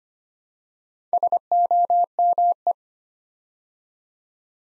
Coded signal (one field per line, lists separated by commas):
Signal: Morse code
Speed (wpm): 25 wpm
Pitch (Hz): 700 Hz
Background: none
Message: SOME